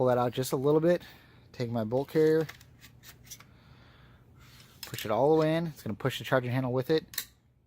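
Someone talks while handling a rifle's charging handle and bolt carrier at the upper receiver, with faint metallic rubbing and a small sharp tick around 3.4 s between the words. The bolt carrier is being pushed into the upper receiver to drive the charging handle forward. Nothing has latched or clicked home yet.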